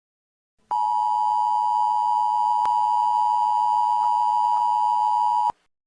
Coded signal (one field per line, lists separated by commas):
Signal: Emergency Alert System (SAME) tones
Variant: 853 and 960 Hz attention tone